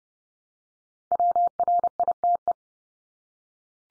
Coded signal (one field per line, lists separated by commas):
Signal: Morse code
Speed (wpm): 30 wpm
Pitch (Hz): 700 Hz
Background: none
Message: WRITE